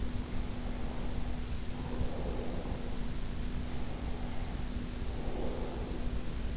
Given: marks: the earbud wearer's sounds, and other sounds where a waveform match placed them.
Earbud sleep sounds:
sounds in sleep by an in-ear microphone; breath
0.00-3.08 s: breath
3.51-6.49 s: breath

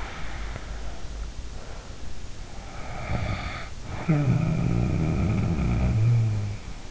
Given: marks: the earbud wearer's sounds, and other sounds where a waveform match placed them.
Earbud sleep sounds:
sounds in sleep by an in-ear microphone; breath, snoring breath
0.00-2.16 s: breath
2.68-6.61 s: snoring breath

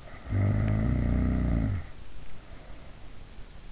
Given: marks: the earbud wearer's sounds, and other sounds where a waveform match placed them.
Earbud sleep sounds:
sounds in sleep by an in-ear microphone; snoring breath
0.00-3.08 s: snoring breath

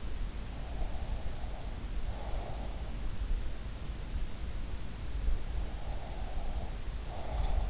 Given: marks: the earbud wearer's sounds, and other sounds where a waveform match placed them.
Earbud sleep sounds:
sounds in sleep by an in-ear microphone; breath
0.76-2.73 s: breath
5.75-7.70 s: breath
7.43-7.65 s: sound from someone else or the room

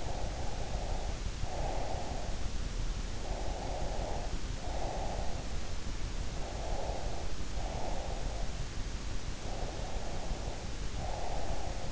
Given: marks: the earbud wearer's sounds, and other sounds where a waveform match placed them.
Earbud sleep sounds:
sounds in sleep by an in-ear microphone; breath
0.00-2.48 s: breath
3.26-5.52 s: breath
6.33-8.53 s: breath
9.47-11.92 s: breath

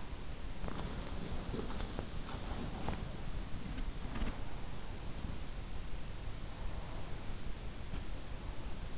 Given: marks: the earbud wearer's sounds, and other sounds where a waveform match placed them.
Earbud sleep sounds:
sounds in sleep by an in-ear microphone; body movement
0.53-4.19 s: body movement

